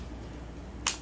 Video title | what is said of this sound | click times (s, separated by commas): Dissapointing! Shark STRATOS In-Depth Vacuum Cleaner Review - Intellitech Studios | slide it in until it clicks into place. | 0.9 s